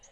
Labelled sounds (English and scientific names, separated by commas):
Lucy's Warbler (Leiothlypis luciae) flight call